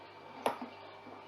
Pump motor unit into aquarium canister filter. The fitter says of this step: ยหมุนเข้าไปเสร็จปุ๊บโอเ คล็อกเรียบร้อยแล้ว